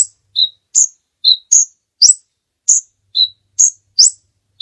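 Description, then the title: Bird song of crisp high chirps, flat lower notes mixed with higher upslurred ones, about two each second. Master recording of birdsong, used for training songbirds. "Master Burung Jos"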